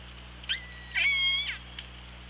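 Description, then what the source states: Killer whale calls: a short squeal, then a long steady whistled tone rich in harmonics lasting about half a second, then a brief final chirp, over a constant low hum. Recorded on the OrcaLab hydrophone, 24 August 2017, at 18:05.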